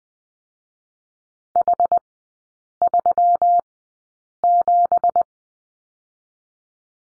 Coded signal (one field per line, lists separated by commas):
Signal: Morse code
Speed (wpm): 19 wpm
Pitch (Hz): 700 Hz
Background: none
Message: H37